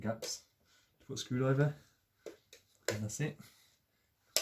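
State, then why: Seated. The cover of a chrome wall light fitting is pushed back onto the fitting while someone talks, and it snaps home with a sharp click at 4.4 s. The cover is seated and the job is done.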